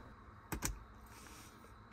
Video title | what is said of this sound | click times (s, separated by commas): Tesla Model 3 - Faster Rear USB Replacement | make sure it's fully snapped into place | 0.5 s, 0.6 s